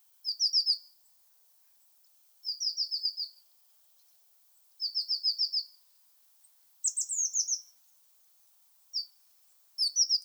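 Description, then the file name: Blue tit giving repeated short trilled bursts of high notes, roughly every two seconds, one higher rattling phrase among them. "Cyanistes caeruleus"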